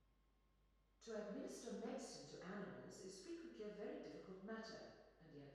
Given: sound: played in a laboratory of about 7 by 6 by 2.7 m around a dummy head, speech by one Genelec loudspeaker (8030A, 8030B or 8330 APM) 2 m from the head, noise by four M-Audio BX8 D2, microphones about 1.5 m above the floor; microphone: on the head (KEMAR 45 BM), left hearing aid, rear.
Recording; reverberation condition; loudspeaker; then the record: female speech in English; high; 60 degrees to the right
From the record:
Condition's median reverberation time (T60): about 1300 ms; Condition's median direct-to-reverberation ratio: about -4.0 dB